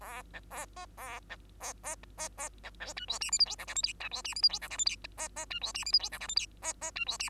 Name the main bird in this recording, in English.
Bengalese Finch